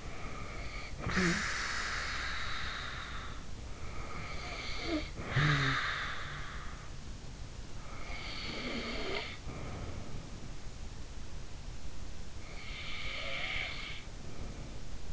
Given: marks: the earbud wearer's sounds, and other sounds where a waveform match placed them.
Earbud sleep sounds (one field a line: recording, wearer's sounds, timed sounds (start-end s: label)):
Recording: sounds in sleep by an in-ear microphone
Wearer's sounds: snoring breath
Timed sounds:
0.01-6.93 s: snoring breath
7.81-10.67 s: snoring breath
12.36-15.13 s: snoring breath